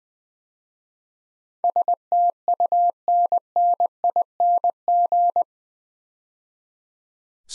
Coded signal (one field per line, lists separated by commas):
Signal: Morse code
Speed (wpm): 20 wpm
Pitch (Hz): 700 Hz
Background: none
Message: STUNNING